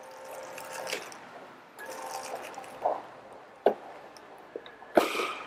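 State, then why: Seated. A JBH-FDB01 remote-controlled folding mobility scooter unfolds automatically, with a steady tonal hum broken by soft knocks. Its folding frame lock then snaps into place with sharp clicks at 3.7 s and 5.0 s, showing the scooter is fully unfolded.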